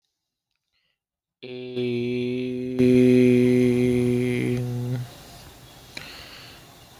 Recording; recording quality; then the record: sustained vowel as in made; excellent, no background noise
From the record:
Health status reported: healthy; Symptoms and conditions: cold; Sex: male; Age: 40 years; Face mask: worn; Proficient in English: yes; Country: India